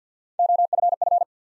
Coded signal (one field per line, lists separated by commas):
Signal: Morse code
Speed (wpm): 50 wpm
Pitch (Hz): 700 Hz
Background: none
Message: O F F